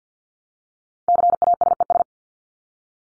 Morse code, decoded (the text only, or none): CASES